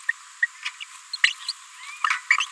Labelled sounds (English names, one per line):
Green-rumped Parrotlet babbling